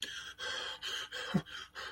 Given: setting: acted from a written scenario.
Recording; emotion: vocal sound without words; fear